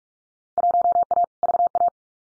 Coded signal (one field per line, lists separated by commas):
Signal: Morse code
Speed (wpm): 44 wpm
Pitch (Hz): 700 Hz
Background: none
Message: 1A VA